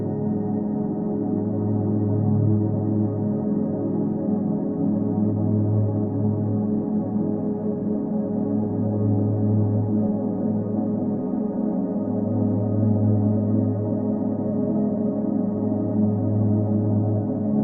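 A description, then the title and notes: A sustained 417 Hz tone drone holds steady for the whole stretch, warm and muted with no bright upper edge. Beneath it, a deeper hum swells and fades in slow pulses roughly every three to four seconds, like a resonating bowl. Solfeggio Frequencies - 417 Hz.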